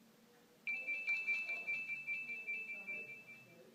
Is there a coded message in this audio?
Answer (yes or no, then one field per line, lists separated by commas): no